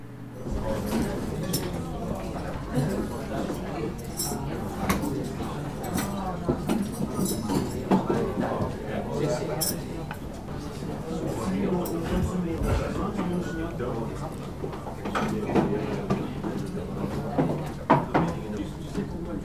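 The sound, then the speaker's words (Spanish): Hushed dining-room ambience: a steady murmur of indistinct voices with scattered, brief clinks of dishes and cutlery sounding throughout. “Esperamos que las rutinas de ruido en tu espacio de trabajo sean al menos tan agradables como el tranquilo ambiente de este comedor”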